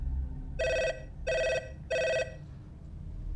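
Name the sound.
telephone bell ringing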